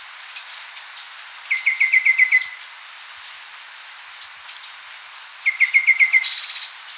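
Golden babbler song: a quick run of several even, piping notes near one pitch, given twice, with thin high whistled notes around them.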